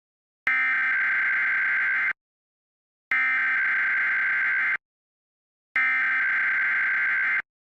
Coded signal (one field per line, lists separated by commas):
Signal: Emergency Alert System (SAME) tones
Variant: header bursts